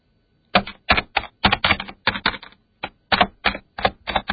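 Heavy, clacking keystrokes pounded out on an old computer keyboard as a book is being finished in March 1997, arriving in loud, uneven bursts with brief pauses, each press a sharp, crisp click. No one speaks.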